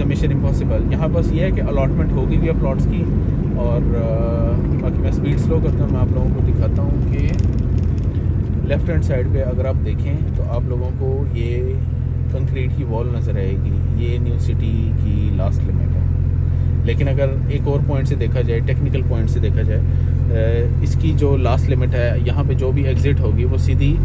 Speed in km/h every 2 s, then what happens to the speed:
31, 33, 27, 21, 10, 0, 0, 0, 0, 0, 0, 0.
3-9 brakes to 0. 9-24 standing.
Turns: none.